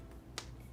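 A locking washer is pushed onto the shank of the second plastic safety eye through the crocheted fabric of a toy, giving a short, sharp click at 0.4 s over faint, steady low tones. The washer seats with a click that is a little quieter than the first eye's, but still clean.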